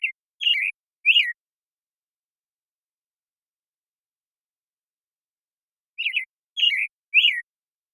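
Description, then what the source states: American Robin song in two bursts of whistled, slurred phrases separated by about five seconds of quiet. Morning song in a very long sequence, Pacific Northwest, Washington, United States; parabolic microphone recording, processed clean for clarity with natural pacing and rhythm kept.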